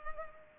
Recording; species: mosquito wingbeat signal from an infrared sensor; Culex pipiens